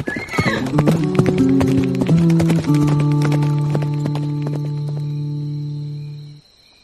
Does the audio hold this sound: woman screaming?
no